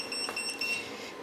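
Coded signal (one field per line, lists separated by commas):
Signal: pager alert tone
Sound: three quick high-pitched electronic beeps from a pager, then silence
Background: quiet room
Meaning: The pager has received a text page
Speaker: uh the page just got the message um hello from n0 AGI in C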